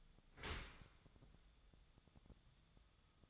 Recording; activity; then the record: daily activity, microphone in the room; open dishwasher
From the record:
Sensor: 3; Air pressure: 1004.7 hPa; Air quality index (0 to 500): 94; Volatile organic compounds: 3 ppm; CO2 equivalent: 1464 ppm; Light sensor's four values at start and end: 7/18/7/7 and 7/18/7/7